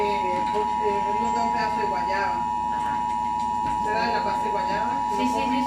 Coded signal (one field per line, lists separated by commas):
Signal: Emergency Alert System (SAME) tones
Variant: 853 and 960 Hz attention tone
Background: speech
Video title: Eas Alert 3 Dust Storm And Shooting Somebody Be Like